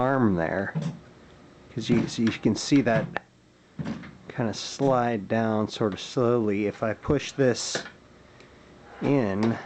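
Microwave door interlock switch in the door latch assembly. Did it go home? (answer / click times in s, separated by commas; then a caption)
no / none. Someone talks while slowly pushing in the door of a 2015 Amana Radarange RR-1000 microwave, checking the second door interlock switch in the door latch assembly. The switch does not engage, and nothing has clicked yet.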